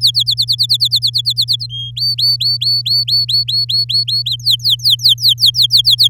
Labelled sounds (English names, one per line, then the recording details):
Domestic Canary song
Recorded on 11 May 2018 at 06:31
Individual llb16